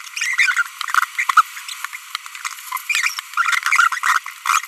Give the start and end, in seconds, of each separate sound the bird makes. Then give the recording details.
0.17-0.62, 1.19-1.24, 2.90-3.08, 3.92-4.00, 4.03-4.18, 4.46-4.64. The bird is a female. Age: 25 days. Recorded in a nest box in Venezuela. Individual 17B42B1